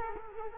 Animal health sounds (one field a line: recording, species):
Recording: mosquito wingbeat signal from an infrared sensor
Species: Culex quinquefasciatus